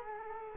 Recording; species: mosquito wingbeat signal from an infrared sensor; Culex quinquefasciatus